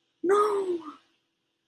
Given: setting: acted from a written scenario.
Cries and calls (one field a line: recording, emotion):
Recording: vocal sound without words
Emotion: negative surprise